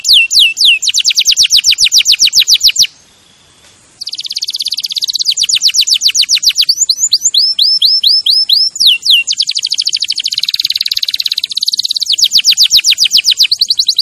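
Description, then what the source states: Canary song: long sequence of fast trills and rolling buzzy passages, with a short quiet gap and sets of slurred whistled notes. Champion canary song used as a master recording for training other birds.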